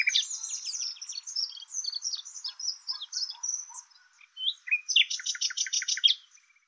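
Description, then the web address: Bird song, a fast varied warble of chirps and trills, then a burst of rapid repeated notes before fading out. "Deverinetal 2025"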